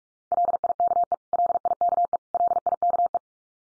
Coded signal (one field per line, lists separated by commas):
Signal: Morse code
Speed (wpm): 44 wpm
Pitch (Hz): 700 Hz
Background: none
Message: LIKE LIKE LIKE